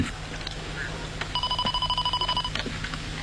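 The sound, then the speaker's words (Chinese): A telephone rings once in a short burst of rapid, warbling electronic trill, high-pitched and steady for about a second over a low background hum. “对，我一直在等你的电话。”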